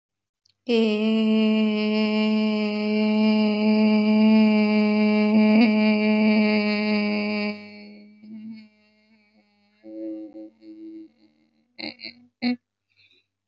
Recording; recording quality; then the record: sustained vowel as in made; excellent, no background noise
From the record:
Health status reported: recovered from COVID-19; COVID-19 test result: positive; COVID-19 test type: RT-PCR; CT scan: not taken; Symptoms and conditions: cough, fever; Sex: female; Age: 25 years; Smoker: no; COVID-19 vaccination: both doses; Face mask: worn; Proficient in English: yes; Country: India